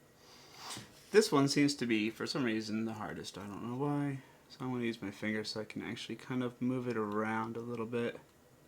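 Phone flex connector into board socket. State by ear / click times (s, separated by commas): not seated / none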